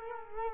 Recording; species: mosquito wingbeat signal from an infrared sensor; Culex quinquefasciatus